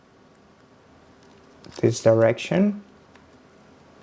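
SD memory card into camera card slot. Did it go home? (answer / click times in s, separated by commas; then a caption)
no / none. An SD memory card is held and lined up at the left-side card slot of a Sony ZV-E10 II camera, ready to be pushed in. Someone talks briefly over quiet background noise. The card has not clicked or seated yet.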